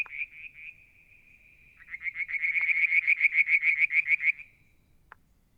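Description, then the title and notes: Frog giving a few brief faint notes, then a fast series of pulsed notes that builds and swells for a couple of seconds before fading, followed by a click. One evening near the water tank at Mount Wilson, New South Wales, Australia, July 2022. "Frog song, Mount Wilson, New South Wales, Australia in July 2022. Limnodynastes Peronii, Litoria Verreauxii and a mystery frog one evening near the water tank"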